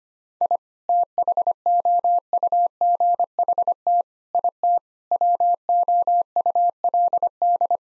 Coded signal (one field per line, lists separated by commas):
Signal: Morse code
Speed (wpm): 25 wpm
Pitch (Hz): 700 Hz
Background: none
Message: I THOUGHT IT WOULD